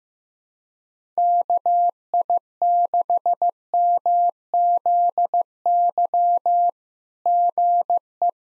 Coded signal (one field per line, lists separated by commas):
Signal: Morse code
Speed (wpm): 15 wpm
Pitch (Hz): 700 Hz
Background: none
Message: KI6MZY GE